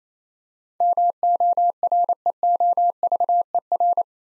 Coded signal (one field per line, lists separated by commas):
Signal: Morse code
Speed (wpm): 27 wpm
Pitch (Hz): 700 Hz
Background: none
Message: MOREOVER